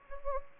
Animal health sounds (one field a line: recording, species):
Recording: mosquito wingbeat signal from an infrared sensor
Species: Anopheles gambiae